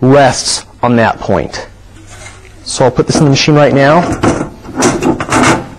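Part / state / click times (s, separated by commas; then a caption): fold plate into paper folding machine / seated / 5.3 s. Someone talks while the first metal fold plate, with notches that rest on posts, is pushed into a Dynafold DE-322AF paper folding machine. It clicks into place at 5.3 s, seated securely so it no longer moves back and forth, which keeps paper folding straight and avoids jams.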